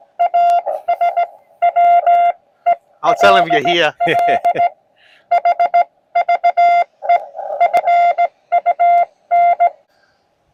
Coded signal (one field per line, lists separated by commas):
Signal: Morse code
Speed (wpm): 17 wpm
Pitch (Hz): 700 Hz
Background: speech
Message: AS WELL HVE FUN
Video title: Ham Park Fun! @TheArtofEngineering